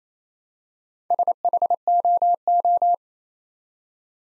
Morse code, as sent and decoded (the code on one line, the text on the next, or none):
... .... --- ---
SHOO